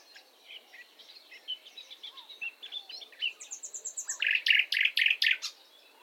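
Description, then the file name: Common nightingale song: soft varied twittering notes build into a loud, rapid series of rich repeated chooks near the end. "Luscinia megarhynchos"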